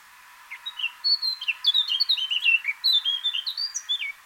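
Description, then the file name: Eurasian blackcap song: a continuous, fast, jumbled warble of sweet, varied whistled notes rising and falling for about three and a half seconds. "Sylvia atricapilla"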